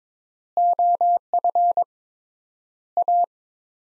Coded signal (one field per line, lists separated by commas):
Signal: Morse code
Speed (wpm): 22 wpm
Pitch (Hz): 700 Hz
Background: none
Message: OF A